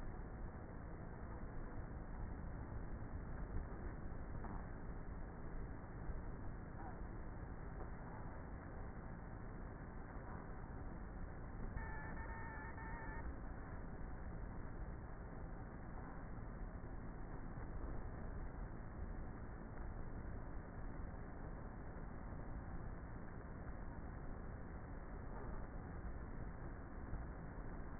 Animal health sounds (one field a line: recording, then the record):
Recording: honeybee colony, microphone inside the hive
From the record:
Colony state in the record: queenless with a low population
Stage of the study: before two queens were removed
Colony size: about 30,000 bees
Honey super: no